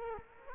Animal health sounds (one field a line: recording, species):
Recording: mosquito wingbeat signal from an infrared sensor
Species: Culex quinquefasciatus